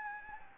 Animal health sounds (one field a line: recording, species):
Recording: mosquito wingbeat signal from an infrared sensor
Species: Anopheles gambiae